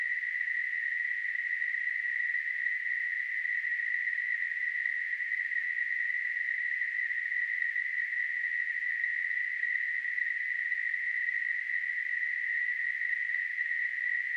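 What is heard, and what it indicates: Simulated tinnitus: a steady, unbroken band of hiss-like noise centered near 2 kHz, holding the same level throughout.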